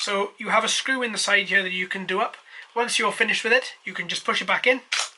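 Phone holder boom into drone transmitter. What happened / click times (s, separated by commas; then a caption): The plastic arm is handled but not yet seated / none. A plastic FPV phone-holder boom on the transmitter of a Propel Star Wars 74-Z Speeder Bike toy quadcopter drone is being handled while someone talks throughout. The clip ends before the boom is pushed back into its slot in the controller, so nothing has seated or clicked yet.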